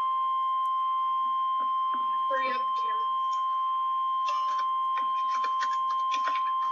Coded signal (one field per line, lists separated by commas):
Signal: Emergency Alert System (SAME) tones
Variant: 1050 Hz attention tone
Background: speech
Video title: REAL EAS 280-Severe thunderstorm warning